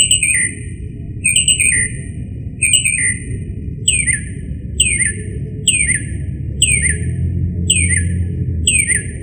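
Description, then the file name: Northern mockingbird singing a series of repeated notes, then downward-sweeping notes about every second; low rumbling noise throughout. "kicauan-burung-northern-mockingbird -omkicau"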